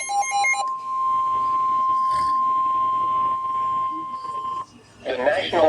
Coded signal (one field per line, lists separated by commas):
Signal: Emergency Alert System (SAME) tones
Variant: 1050 Hz attention tone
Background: speech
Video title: EAS Alerts from 7/4/26-7/5/26 #67-82